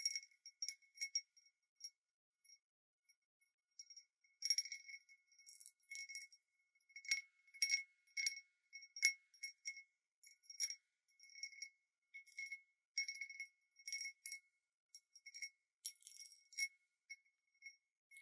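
A glass wind-bell cup is tapped in quick, irregular bursts of bright, ringing clinks, each one high and thin with a short shimmer. The taps come in loose clusters with brief silent gaps, thickening from about four seconds onward.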